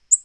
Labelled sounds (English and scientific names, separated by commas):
Black-throated Green Warbler (Setophaga virens) flight call